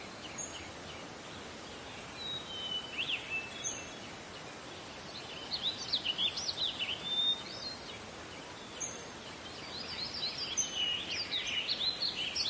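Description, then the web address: Birds give thin whistles and scattered chirps, building into livelier twittering runs toward the end, over a continuous hiss. "Meng Jun Bo. 自然-鸟鸣"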